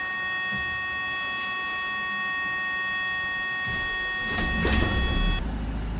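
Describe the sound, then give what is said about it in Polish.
A steady high electrical whine hums throughout. Near the end, a trolleybus auxiliary generator, started with a key and a small button while the trolleybus is disconnected from the overhead power, cranks into a loud, low rumbling start for about a second before the sound cuts off. “Jeżeli chcemy sprawdzić, czy generator odpali najpierw, czyli tak, kluczyk i tutaj taki guziczek.”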